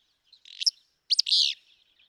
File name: Willow Flycatcher